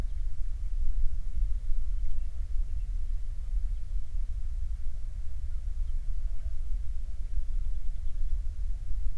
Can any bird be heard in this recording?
yes